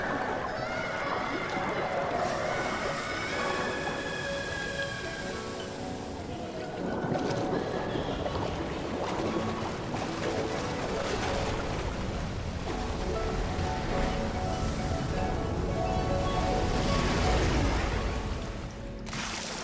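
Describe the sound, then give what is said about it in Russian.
Rushing, churning water roars steadily for the whole stretch, swelling louder around the middle and again near the end, with faint tonal sounds drifting through at the start, as water pulls the boy Kun under in a film scene. “Кунтяна затягивает вода.”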